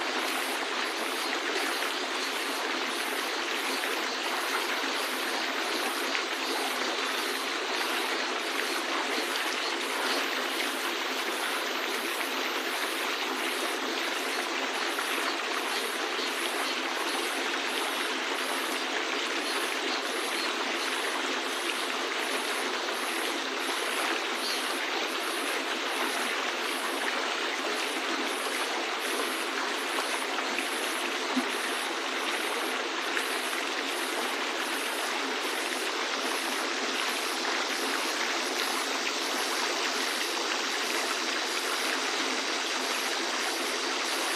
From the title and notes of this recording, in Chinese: 山泉叮咚。